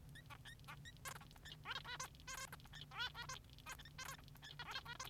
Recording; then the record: song of a male Bengalese finch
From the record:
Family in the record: son of father 3